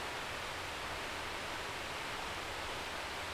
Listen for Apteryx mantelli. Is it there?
no